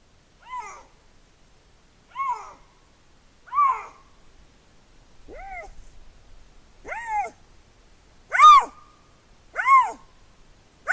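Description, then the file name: Eurasian lynx calls: several loud, arched, cat-like wails with rich harmonics, each under half a second, repeated every one to two seconds and growing louder towards the end. "Gaupe"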